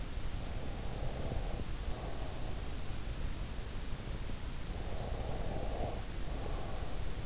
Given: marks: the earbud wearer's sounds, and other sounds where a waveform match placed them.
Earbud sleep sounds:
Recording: sounds in sleep by an in-ear microphone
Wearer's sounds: breath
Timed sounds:
0.47-2.67 s: breath
4.71-7.26 s: breath

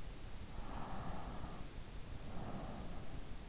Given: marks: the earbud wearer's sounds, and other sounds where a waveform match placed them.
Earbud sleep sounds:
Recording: sounds in sleep by an in-ear microphone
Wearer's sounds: breath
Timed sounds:
0.60-3.34 s: breath

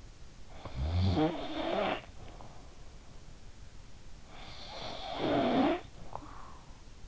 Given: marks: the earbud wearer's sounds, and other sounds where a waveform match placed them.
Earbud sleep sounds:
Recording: sounds in sleep by an in-ear microphone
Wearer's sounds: snoring breath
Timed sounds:
0.34-2.85 s: snoring breath
3.95-6.83 s: snoring breath

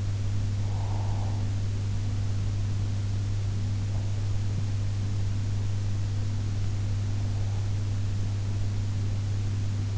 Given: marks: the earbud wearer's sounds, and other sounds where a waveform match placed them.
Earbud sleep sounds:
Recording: sounds in sleep by an in-ear microphone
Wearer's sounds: breath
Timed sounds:
0.00-1.68 s: breath

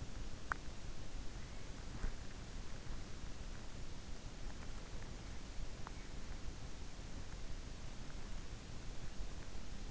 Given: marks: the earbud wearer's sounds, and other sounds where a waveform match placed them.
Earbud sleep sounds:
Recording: sounds in sleep by an in-ear microphone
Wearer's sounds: teeth grinding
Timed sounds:
0.00-0.92 s: teeth grinding

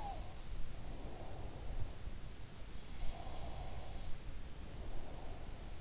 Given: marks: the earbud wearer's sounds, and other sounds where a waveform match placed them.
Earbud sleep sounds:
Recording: sounds in sleep by an in-ear microphone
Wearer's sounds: breath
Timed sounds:
0.00-2.19 s: sound from someone else or the room
0.42-2.19 s: breath
2.94-5.81 s: breath
3.07-4.13 s: sound from someone else or the room

